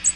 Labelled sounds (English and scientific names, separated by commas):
American Redstart (Setophaga ruticilla) flight call